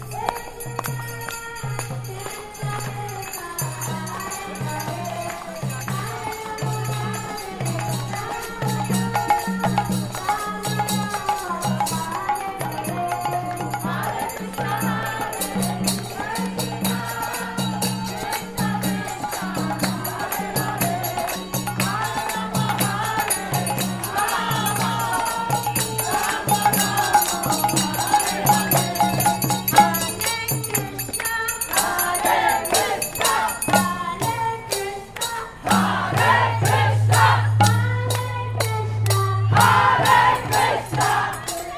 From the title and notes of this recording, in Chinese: 全城的人都跳舞起來了_台北西門町印度壇車節踩街活動。地點在台北西門町街區。我錄製了一小段當時在街邊,實際參與活動。